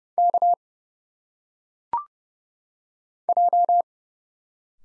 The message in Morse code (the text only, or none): K J